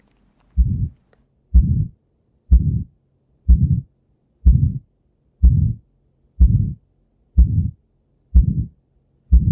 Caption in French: Vous avez le cœur qui a un souffle, qui s'accélère à la fin et ensuite qui se termine sans éclat, qui se termine par lui-même. La valve de sortie du cœur est rétrécie, calcifiée. C'est une pathologie qu'on trouve en général vers 80 ans, 90 ans, et que maintenant on traite sans opérer, on dirait par dilatation. C'est le cœur d'un malade.